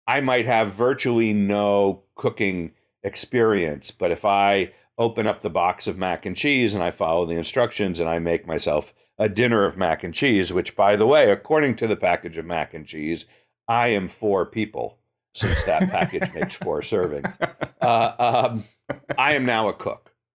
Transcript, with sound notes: I might have virtually no cooking experience, but if I open up the box of mac and cheese, and I follow the instructions, and I make myself a dinner of mac and cheese which by the way, according to the package of mac and cheese, I am four people since that package makes four servings- [laugh] -I am now a cook.